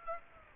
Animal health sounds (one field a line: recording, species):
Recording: mosquito wingbeat signal from an infrared sensor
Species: Aedes aegypti